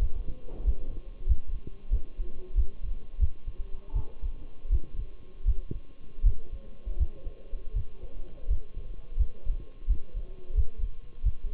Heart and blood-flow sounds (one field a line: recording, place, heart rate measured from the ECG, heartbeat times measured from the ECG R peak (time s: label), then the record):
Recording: heart sounds by stethoscope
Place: between the tricuspid and mitral areas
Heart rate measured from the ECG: 85 bpm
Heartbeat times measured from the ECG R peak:
0.01 s: heartbeat
0.66 s: heartbeat
1.28 s: heartbeat
1.92 s: heartbeat
2.57 s: heartbeat
3.21 s: heartbeat
3.95 s: heartbeat
4.72 s: heartbeat
5.47 s: heartbeat
6.25 s: heartbeat
6.99 s: heartbeat
7.75 s: heartbeat
8.50 s: heartbeat
9.19 s: heartbeat
9.89 s: heartbeat
10.56 s: heartbeat
11.25 s: heartbeat
From the record:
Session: Bruce protocol treadmill stress test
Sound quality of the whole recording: partially saturated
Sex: male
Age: 23 years